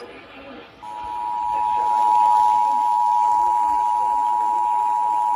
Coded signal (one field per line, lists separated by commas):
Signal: Emergency Alert System (SAME) tones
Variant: 853 and 960 Hz attention tone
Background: speech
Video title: EAS #468-469 Special Marine Warning